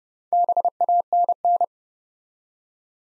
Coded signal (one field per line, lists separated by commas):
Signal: Morse code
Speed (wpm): 30 wpm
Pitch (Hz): 700 Hz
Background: none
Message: BANN